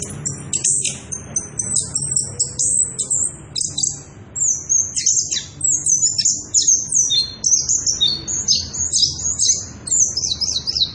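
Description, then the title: Orange-headed thrush song, a continuous rapid stream of very high, varied twittering notes. Energetic continuous singing (ngerol) at high volume, used as a lure and training recording for young birds (trotolan). "Anis Kembang Gacor. pancingan anis kembang ngerol edan volume dasyattt cocok buat masteran trotolan"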